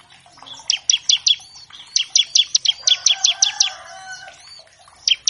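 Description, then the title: Bar-winged prinia calls: quick bursts of several sharp, high chips, with softer twittering between bursts. Energetic (gacor) bar-winged prinia in a master track used to tutor captive birds of all kinds; used as a lure to make untrained prinias start singing quickly. "Masteran Ciblek Gacor Vs Kenari Gacor Untuk Masteran Semua Jenis Burung. Pancingan Ciblek bahan agar cepat bunyi. Burung Ciblek"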